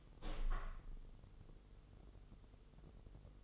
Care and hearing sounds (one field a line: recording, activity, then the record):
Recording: daily activity, microphone in the room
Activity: open window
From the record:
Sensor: 4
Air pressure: 996.5 hPa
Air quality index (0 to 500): 81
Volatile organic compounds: 4 ppm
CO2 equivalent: 1542 ppm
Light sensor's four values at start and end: 19/53/20/22 and 21/55/22/23